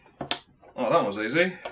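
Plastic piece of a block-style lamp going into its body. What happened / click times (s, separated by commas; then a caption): A plastic piece snapped into place / 0.3 s. One of two plastic pieces of a Minecraft-style block lamp is pressed into the lamp's body, with a light tick at 0.2 s and then a sharp snap at 0.3 s as it seats in place. Someone then talks briefly.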